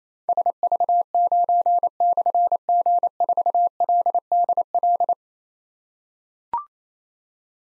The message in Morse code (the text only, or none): SV9/G4LDL